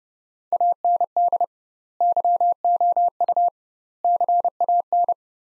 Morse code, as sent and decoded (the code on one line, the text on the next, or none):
.- -. -.. / -.-- --- ..- / -.-. .- -.
AND YOU CAN